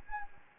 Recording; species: mosquito wingbeat signal from an infrared sensor; Anopheles gambiae